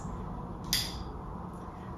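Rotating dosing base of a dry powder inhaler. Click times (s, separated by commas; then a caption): 0.7 s. The rotating plastic base of a dry powder inhaler is twisted forward and back, giving one sharp, bright click at 0.7 s over a low steady background hum. The click means the base has clicked into place and a dose is loaded, ready to be inhaled.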